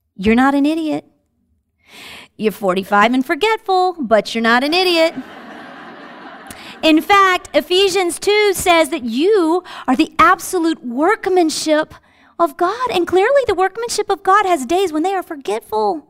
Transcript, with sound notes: “You’re not an idiot. You’re forty-five and forgetful, but you’re not an idiot. (Laughter) In fact, Ephesians 2 says that you are the absolute workmanship of God, and clearly the workmanship of God has days when they are forgetful,